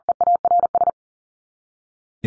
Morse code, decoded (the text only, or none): EARS